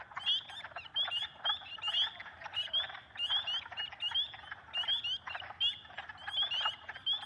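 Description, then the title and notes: Spring peeper chorus, loud rising peeps in quick pulsing bursts from several frogs, layered over a dense background chorus. Evening of 18 March 2022 near a large swamp in West Kingstown, Rhode Island; peepers and other animals calling, growing loud over time. "Recorded in West Kingstown, Rhode Island on Liberty Road near the Great Swamp. Peepers"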